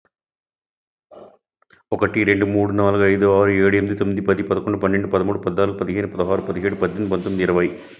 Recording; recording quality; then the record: counting at a fast pace; excellent, no background noise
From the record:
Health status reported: healthy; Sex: male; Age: 54 years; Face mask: not worn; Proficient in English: yes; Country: India